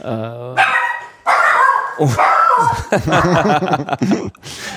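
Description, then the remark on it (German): A dog barks excitedly in a rapid, irregular string of loud yelps, its pitch rising and falling, with a few whiny, high-pitched barks mixed in, greeting people arriving in an apartment. “So, der Hund hat die neu Ankommenden in der Wohnung begrüßt.”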